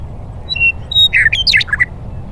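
Western meadowlark singing a few pure whistles followed by a quick jumbled flurry of bubbly, flute-like notes, with low rumbling noise beneath.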